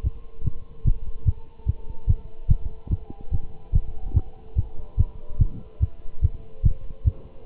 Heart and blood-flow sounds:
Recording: heart sounds by stethoscope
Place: between the tricuspid and mitral areas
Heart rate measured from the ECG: 145 bpm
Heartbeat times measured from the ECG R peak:
0.05 s: heartbeat
0.46 s: heartbeat
0.86 s: heartbeat
1.27 s: heartbeat
1.68 s: heartbeat
2.09 s: heartbeat
2.50 s: heartbeat
2.91 s: heartbeat
3.33 s: heartbeat
3.74 s: heartbeat
4.16 s: heartbeat
4.57 s: heartbeat
4.99 s: heartbeat
5.40 s: heartbeat
5.82 s: heartbeat
6.23 s: heartbeat
6.65 s: heartbeat
7.06 s: heartbeat
From the record:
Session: Bruce protocol treadmill stress test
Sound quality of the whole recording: good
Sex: male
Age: 25 years

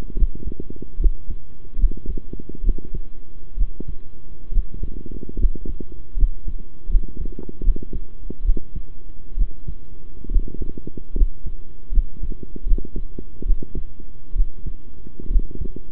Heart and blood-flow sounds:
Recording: heart sounds by stethoscope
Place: between the tricuspid and mitral areas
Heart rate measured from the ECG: 71 bpm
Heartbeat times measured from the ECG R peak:
0.16 s: heartbeat
0.99 s: heartbeat
1.78 s: heartbeat
2.63 s: heartbeat
3.56 s: heartbeat
4.51 s: heartbeat
5.37 s: heartbeat
6.16 s: heartbeat
6.88 s: heartbeat
7.62 s: heartbeat
8.44 s: heartbeat
9.36 s: heartbeat
10.30 s: heartbeat
11.15 s: heartbeat
11.91 s: heartbeat
12.65 s: heartbeat
13.45 s: heartbeat
14.35 s: heartbeat
15.29 s: heartbeat
From the record:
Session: rest, sitting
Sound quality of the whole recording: good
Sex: male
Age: 23 years

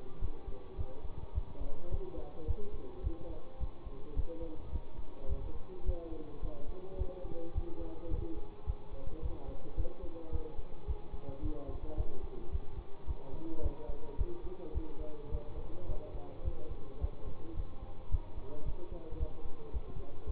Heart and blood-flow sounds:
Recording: heart sounds by stethoscope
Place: between the tricuspid and mitral areas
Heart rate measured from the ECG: 108 bpm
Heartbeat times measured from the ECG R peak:
0.21 s: heartbeat
0.77 s: heartbeat
1.34 s: heartbeat
1.91 s: heartbeat
2.47 s: heartbeat
3.03 s: heartbeat
3.59 s: heartbeat
4.15 s: heartbeat
4.71 s: heartbeat
5.28 s: heartbeat
5.85 s: heartbeat
6.41 s: heartbeat
6.97 s: heartbeat
7.54 s: heartbeat
8.10 s: heartbeat
8.66 s: heartbeat
9.21 s: heartbeat
9.76 s: heartbeat
10.31 s: heartbeat
10.87 s: heartbeat
11.42 s: heartbeat
11.96 s: heartbeat
12.51 s: heartbeat
13.07 s: heartbeat
13.62 s: heartbeat
14.17 s: heartbeat
14.73 s: heartbeat
15.31 s: heartbeat
15.88 s: heartbeat
16.44 s: heartbeat
17.00 s: heartbeat
17.56 s: heartbeat
18.10 s: heartbeat
18.65 s: heartbeat
19.19 s: heartbeat
19.72 s: heartbeat
20.26 s: heartbeat
From the record:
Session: bicycle stress test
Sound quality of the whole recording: good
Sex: male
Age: 24 years

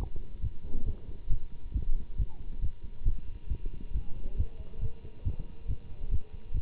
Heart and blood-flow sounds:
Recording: heart sounds by stethoscope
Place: between the tricuspid and mitral areas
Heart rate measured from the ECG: 137 bpm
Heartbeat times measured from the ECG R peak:
0.41 s: heartbeat
0.85 s: heartbeat
1.29 s: heartbeat
1.73 s: heartbeat
2.17 s: heartbeat
2.61 s: heartbeat
3.05 s: heartbeat
3.49 s: heartbeat
3.93 s: heartbeat
4.37 s: heartbeat
4.80 s: heartbeat
5.24 s: heartbeat
5.67 s: heartbeat
6.10 s: heartbeat
6.53 s: heartbeat
From the record:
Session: Bruce protocol treadmill stress test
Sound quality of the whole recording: good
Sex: male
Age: 24 years

